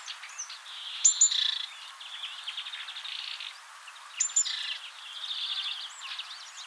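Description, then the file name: Great tit call: a high piping double note, then a grating buzzy churr, heard twice about three seconds apart amid light chattering from other birds. "Parus major"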